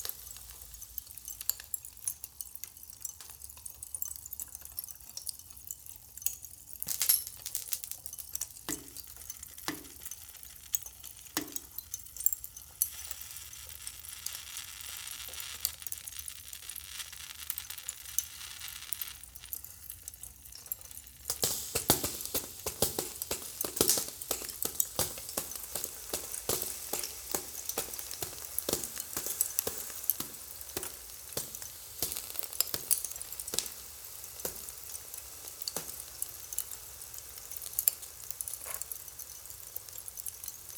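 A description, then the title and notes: Droplets make a steady stream of small ticks and clinks, with a few clearer glassy plinks between about 8 and 12 seconds. Around 21 seconds the sound turns brighter and denser, a hissing, sizzling patter of many fast drops that continues to the end. Dripping introduces the listener to imaginary rooms, whose physical structures are made tangible by the composition of droplets generating sound. The initially irregular dripping sounds describe a path through a "virtual" soundscape of various different material consistencies.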